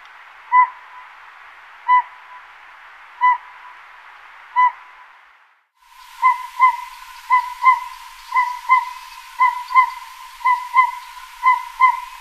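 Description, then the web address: Northern pygmy owl call: single, evenly spaced hollow toots at first, then quicker paired toots in a steady series. "Songs of Birds of North America Stokes. Northern Pygmy-Owl"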